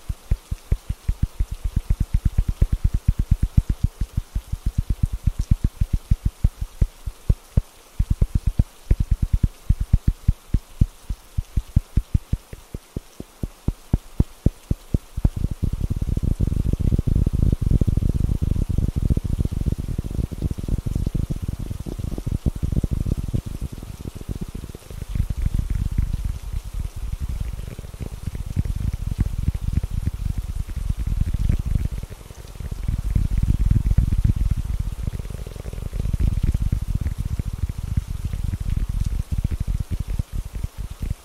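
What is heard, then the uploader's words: Quick tapping rattles along steadily for the first fifteen seconds, light and clicky. Then a dense, low rush of rain swells in and holds through the rest, with the taps still pattering underneath and brief lulls around 25 and 32 seconds. ASMR Fast & Calming Tapping With Rain Sounds (No Talking).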